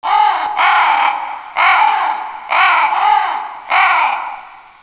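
Bird giving harsh, hoarse cawing calls, five drawn-out caws in quick succession with short pauses between them.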